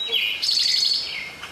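Towhee song: a clear opening note drops in pitch, then a long rapid trill rings out before fading.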